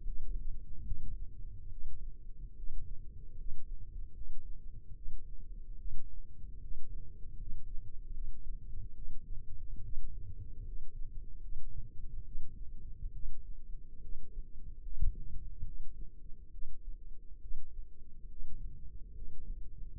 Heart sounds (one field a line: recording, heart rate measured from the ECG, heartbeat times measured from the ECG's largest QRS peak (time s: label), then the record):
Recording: heart sounds by microphone in the left ear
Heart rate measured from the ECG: 72 bpm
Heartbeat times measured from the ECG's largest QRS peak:
0.03 s: heartbeat
0.83 s: heartbeat
1.69 s: heartbeat
2.55 s: heartbeat
3.36 s: heartbeat
4.13 s: heartbeat
4.94 s: heartbeat
5.77 s: heartbeat
6.59 s: heartbeat
7.37 s: heartbeat
8.12 s: heartbeat
8.93 s: heartbeat
9.81 s: heartbeat
10.63 s: heartbeat
11.40 s: heartbeat
12.23 s: heartbeat
13.11 s: heartbeat
14.00 s: heartbeat
14.82 s: heartbeat
15.64 s: heartbeat
16.50 s: heartbeat
17.40 s: heartbeat
18.28 s: heartbeat
19.13 s: heartbeat
19.93 s: heartbeat
From the record:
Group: healthy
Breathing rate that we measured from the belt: 16 breaths a minute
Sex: female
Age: 22 years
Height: 160 cm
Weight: 63 kg